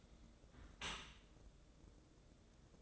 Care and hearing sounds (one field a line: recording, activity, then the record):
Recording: daily activity, microphone in the room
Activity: close dishwasher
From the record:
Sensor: 3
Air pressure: 1012.3 hPa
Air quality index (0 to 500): 146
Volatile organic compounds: 2 ppm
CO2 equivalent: 1129 ppm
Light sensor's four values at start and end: 538/1323/546/540 and 537/1320/544/539